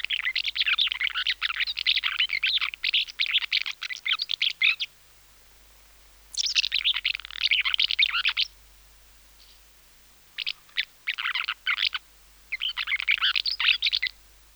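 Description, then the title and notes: Common house martin giving a long, busy twitter of rapid dry chirps in several bursts, pausing briefly between spells, with no other clear sounds. "Avión Común. Blog De Aves"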